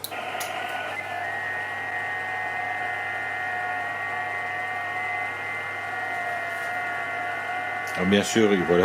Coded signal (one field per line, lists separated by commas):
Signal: FT8